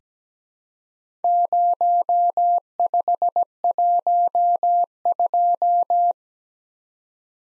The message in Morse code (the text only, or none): 0512